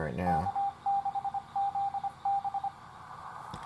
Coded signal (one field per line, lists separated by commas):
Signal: Morse code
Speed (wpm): 24 wpm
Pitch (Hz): 800 Hz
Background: speech, radio noise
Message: K6ZB